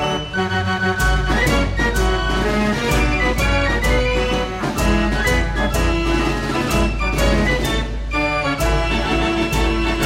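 A fair organ plays a bright, busy tune with many stacked pipe notes and a steady, thumping bass beneath. Sharp percussive hits strike at a regular pace, roughly every half second, while the melody shifts constantly and the volume stays full throughout.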